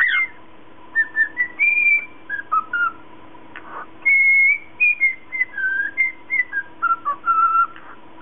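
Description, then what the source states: Cockatiel whistling varied clear notes, some rising, some falling, in irregular phrases with short breaks, over a faint continuous hum. Lutino colour variety.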